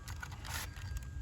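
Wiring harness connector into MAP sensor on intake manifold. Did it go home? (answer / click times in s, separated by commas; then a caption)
no / none. A wiring harness electrical plug is being pushed by hand back onto the MAP sensor on the intake manifold of an Infiniti. Faint scrapes and small plastic ticks sound over a steady low rumble. Nothing has seated or clicked yet.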